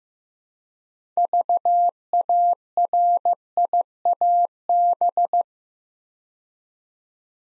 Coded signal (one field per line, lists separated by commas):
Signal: Morse code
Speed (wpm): 15 wpm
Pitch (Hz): 700 Hz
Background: none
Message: VARIAB